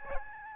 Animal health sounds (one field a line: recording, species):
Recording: mosquito wingbeat signal from an infrared sensor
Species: Aedes albopictus